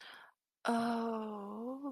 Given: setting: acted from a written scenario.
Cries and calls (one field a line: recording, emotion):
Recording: vocal sound without words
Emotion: romantic love